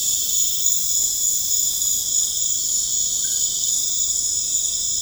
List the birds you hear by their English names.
none